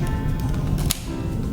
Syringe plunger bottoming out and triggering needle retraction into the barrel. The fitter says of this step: think of a dart and just one swift movement into that muscle and then press firmly down onto the syringe and you'll hear a click